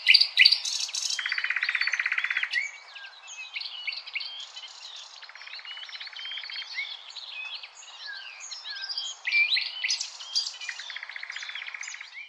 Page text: Thrush Nightingale #song Nattergal. knut the bird nerd